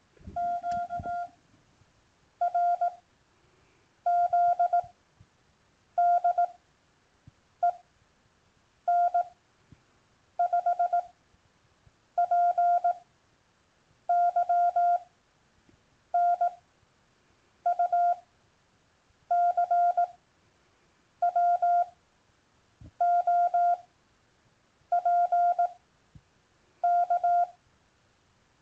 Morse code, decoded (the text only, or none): QRZ DE N5PY NU CW OP K